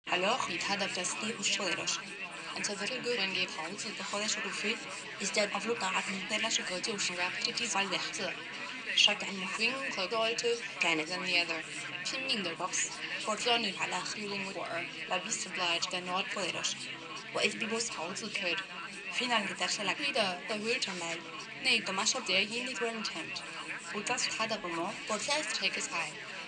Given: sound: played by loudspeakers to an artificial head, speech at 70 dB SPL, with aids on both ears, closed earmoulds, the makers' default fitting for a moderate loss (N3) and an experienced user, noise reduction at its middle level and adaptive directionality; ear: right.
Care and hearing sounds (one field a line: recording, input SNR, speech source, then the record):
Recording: speech test signal (ISTS) in cocktail-party noise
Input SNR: +3 dB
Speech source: on the right (90 degrees)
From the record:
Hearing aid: class 2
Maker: G